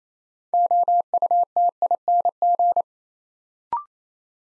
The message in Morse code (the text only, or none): OUTING